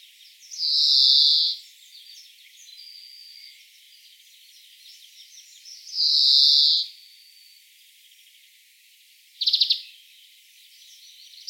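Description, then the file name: European greenfinch producing two drawn-out nasal wheezes about five seconds apart, then a short sharp trill. "Chloris chloris"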